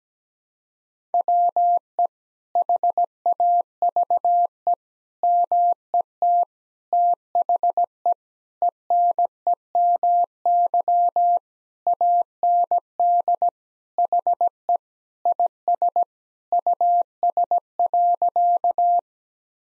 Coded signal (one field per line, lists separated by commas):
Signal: Morse code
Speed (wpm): 17 wpm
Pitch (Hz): 700 Hz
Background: none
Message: WE HAVE MET THE ENEMY AND HE IS US.